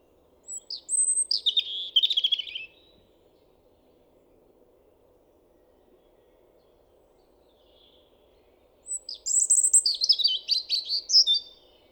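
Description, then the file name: European robin singing two separate phrases of high, liquid whistles that drop and flutter, each lasting a few seconds, with quiet in between. "Erithacus rubecula"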